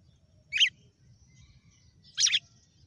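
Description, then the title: Red-cowled cardinal uttering two bright, clipped notes about one and a half seconds apart over a quiet, low rumbling background. Female red-cowled cardinal; title names a bird Fenrir and says it gave 'açoite' that day. "Canto Galo Campina Fêmea 06. GALO DE CAMPINA FENRIR - HJ FOI AÇOITE VIU??"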